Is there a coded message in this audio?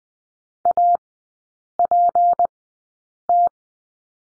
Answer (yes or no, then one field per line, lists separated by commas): yes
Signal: Morse code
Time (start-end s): 0.7-3.5 s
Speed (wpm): 20 wpm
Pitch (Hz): 700 Hz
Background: none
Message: APT